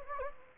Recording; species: mosquito wingbeat signal from an infrared sensor; Anopheles gambiae